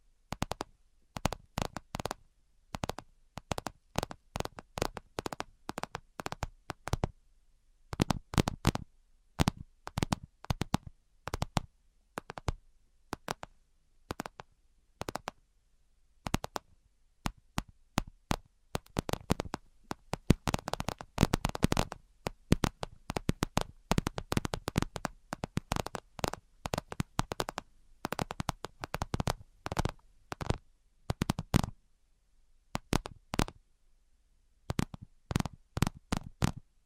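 Tapping sounds, with no talking. Sharp, crisp taps come in quick irregular bursts, some slower and sparser, others fast and clustered, especially between about 18 and 31 seconds, with short silent gaps between runs.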